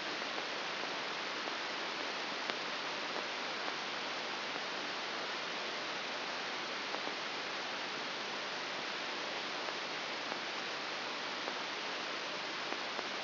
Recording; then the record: brain microelectrode recording played as sound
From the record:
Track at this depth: inside the subthalamic nucleus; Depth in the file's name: 5.801 mm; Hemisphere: right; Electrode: 3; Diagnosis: Parkinson's disease